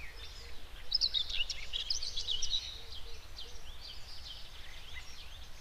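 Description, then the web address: Common whitethroat song, one brisk scratchy warbled phrase early on, then fainter twittering, with soft low tones beneath. Recorded in the Spreewald. "ornithologie dorngrasmuecke 2 m 08 St We Spreewald"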